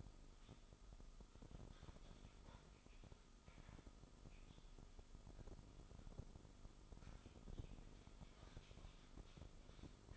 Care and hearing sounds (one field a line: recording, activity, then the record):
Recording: daily activity, microphone in the room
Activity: typing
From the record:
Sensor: 5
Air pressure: 988.8 hPa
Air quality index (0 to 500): 235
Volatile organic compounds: 193 ppm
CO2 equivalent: 4189 ppm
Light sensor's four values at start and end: 39/124/48/51 and 39/124/48/51